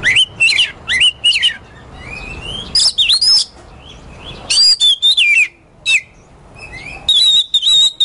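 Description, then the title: Oriental magpie-robin song with loud, clear whistled phrases, some rising and some wavering, separated by brief quieter gaps. Competition magpie-robin ('kacer poci'), national champion, singing 'gacor' with 'nembak' and 'ngerol' song styles; seven kinds of sound every three minutes. "Kacer Poci Gacor Nembak Dan Ngerol Juara Nasional. 7 macam suara kacer setiap 3 menit"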